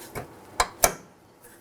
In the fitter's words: Make sure you hear an audible click.